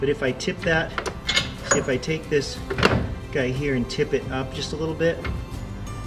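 Someone talks while handling the swing arm of a Thule 9027XT Apex XT Swing hitch bike rack, tipping it up slightly so it can drop into its locking connection after it would not lock, with the connection suspected of being slightly bent. Light handling noises and faint music sit under the voice. The clip ends before the arm goes home, so nothing has seated or clicked yet.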